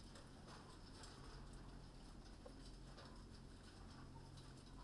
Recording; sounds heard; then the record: poultry house recording; healthy chickens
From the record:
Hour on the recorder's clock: 21